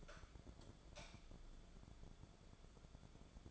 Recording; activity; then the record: daily activity, microphone in the room; light off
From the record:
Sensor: 5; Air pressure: 1010.4 hPa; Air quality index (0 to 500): 119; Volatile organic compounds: 2 ppm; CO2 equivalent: 1166 ppm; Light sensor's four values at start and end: 505/1294/535/601 and 504/1291/534/600